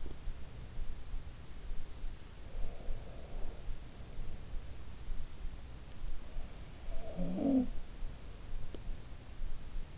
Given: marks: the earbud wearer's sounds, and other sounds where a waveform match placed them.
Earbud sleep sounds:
sounds in sleep by an in-ear microphone; teeth grinding
0.00-0.26 s: teeth grinding
2.50-3.83 s: sound from someone else or the room
6.89-7.90 s: sound from someone else or the room
8.58-8.89 s: teeth grinding

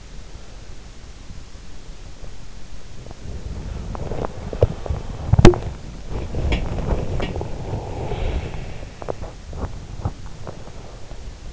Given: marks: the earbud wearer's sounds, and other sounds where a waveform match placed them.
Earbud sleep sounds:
sounds in sleep by an in-ear microphone; breath, body movement
0.00-1.04 s: breath
1.59-10.64 s: body movement
6.27-9.52 s: breath
10.33-11.53 s: breath

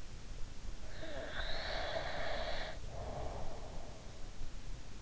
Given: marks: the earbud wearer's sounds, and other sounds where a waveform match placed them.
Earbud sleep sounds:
sounds in sleep by an in-ear microphone; breath
0.80-4.32 s: breath

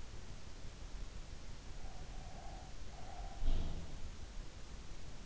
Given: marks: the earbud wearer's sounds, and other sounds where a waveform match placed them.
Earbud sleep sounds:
sounds in sleep by an in-ear microphone; breath
1.65-4.05 s: breath
3.17-4.19 s: sound from someone else or the room

